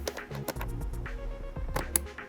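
An Ethercon RJ45 plug on a Logitech X52 Pro HOTAS joystick/throttle modded cable is pushed into a panel jack a second time to repeat the click. Scattered taps and handling knocks lead up to a loud, sharp latch click at 2.0 s, and the plug is seated.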